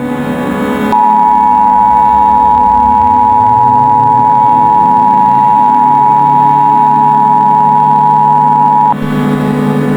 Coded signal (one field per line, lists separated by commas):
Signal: Emergency Alert System (SAME) tones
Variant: 853 and 960 Hz attention tone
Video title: EASyPLUS EAS Mock. Hawaii Tsunami Warning